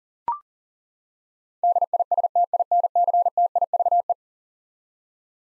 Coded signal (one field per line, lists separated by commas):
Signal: Morse code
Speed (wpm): 40 wpm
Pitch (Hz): 700 Hz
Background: none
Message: DISTINCTIVE